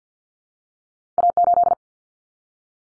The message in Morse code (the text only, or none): A8